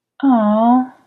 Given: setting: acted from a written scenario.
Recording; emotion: vocal sound without words; sympathy